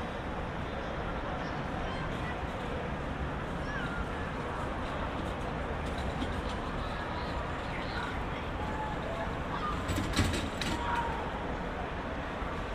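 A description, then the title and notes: A public place in San Diego heard from a distance: a steady, dense wash of crowd murmur and traffic rumble that barely changes over the whole stretch. Faint far-off voices surface now and then, and a brief louder clatter stands out around ten seconds. San Diego. In public. At a distance. The recordings are collaged slightly.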